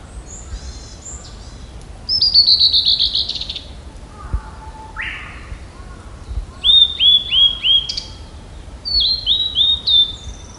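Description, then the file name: Blue-and-white flycatcher song: several phrases of rapid falling notes, a few lower slurred whistles, and a closing burst of repeated sharp notes. "ooruri"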